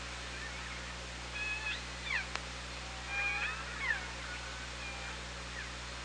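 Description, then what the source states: Orca calls, several short whistled upsweeps and downswept tones in two bursts around two and four seconds, over steady low hum and hiss. Recorded by OrcaLab on 24 August 2017.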